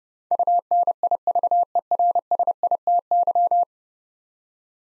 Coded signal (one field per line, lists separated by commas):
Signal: Morse code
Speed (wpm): 30 wpm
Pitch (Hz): 700 Hz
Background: none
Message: UNIVERSITY